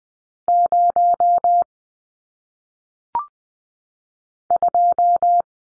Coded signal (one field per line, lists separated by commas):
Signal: Morse code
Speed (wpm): 20 wpm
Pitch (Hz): 700 Hz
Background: none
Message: 0 2